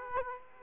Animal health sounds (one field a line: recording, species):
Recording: mosquito wingbeat signal from an infrared sensor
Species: Aedes aegypti